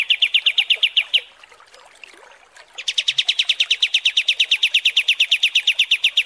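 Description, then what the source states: Kapas tembak: bird song: a quick run of sharp chips, a pause, then a long, steady rapid-fire series of chips. Masteran training recording of kapas tembak, a bird song used for teaching song.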